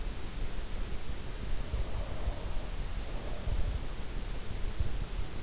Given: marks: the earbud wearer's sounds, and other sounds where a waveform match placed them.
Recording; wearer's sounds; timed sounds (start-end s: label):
sounds in sleep by an in-ear microphone; breath
1.83-4.60 s: breath